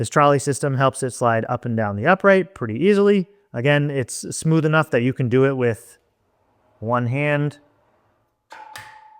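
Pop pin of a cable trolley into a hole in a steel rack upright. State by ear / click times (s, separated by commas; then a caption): seated / 8.8 s. Someone talks, and then a steel cable trolley is slid along a steel rack upright with one hand. Its pop pin drops into a hole in the upright and locks in place with a short metallic click at 8.8 s.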